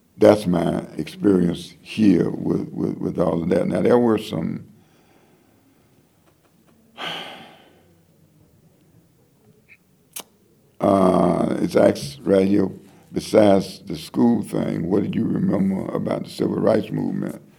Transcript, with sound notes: that’s my experience here with, with, with all that. Now there were some… (sigh) ….acts right here, besides the school thing…What do you remember about the Civil Rights movement?